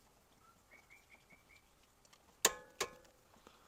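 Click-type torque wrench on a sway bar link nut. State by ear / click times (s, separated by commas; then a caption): torque reached / 2.5 s. A click-type torque wrench set to 60 ft-lb tightens a sway bar link nut on the front suspension of a Honda CR-V, as part of fixing a front-end clunk and rattle. Faint high chirps sound early on. A sharp, loud click at 2.4 s shows the wrench reached its setting, followed by a second sharp knock at 2.8 s.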